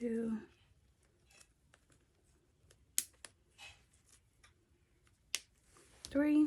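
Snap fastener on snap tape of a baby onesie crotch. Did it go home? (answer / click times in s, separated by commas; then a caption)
yes / 3.0 s. A snap fastener on the snap tape of a baby onesie crotch is pressed shut, with the second snap closing in one sharp, loud click at 3.0 s, so it has seated. Someone talks before and after, with faint handling ticks in between and another sharp hit at 5.4 s.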